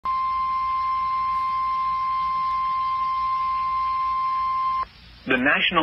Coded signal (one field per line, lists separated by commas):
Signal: Emergency Alert System (SAME) tones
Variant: 1050 Hz attention tone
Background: speech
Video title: (EAS#60) Flash Flood Warning